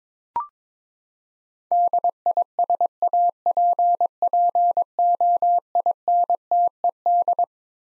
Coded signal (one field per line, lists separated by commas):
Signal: Morse code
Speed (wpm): 22 wpm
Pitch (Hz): 700 Hz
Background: none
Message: DISAPPOINTED